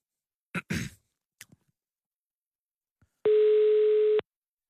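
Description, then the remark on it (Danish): A couple of breathy sighs, then a pause before a single steady, buzzy telephone ringing tone of a call placed by hosts of Danish station Radio 24/7 sounds loudly for about a second and cuts off. “Ringer du? Er det nu? Ja, ja. Hvorfor ringer den ikke?”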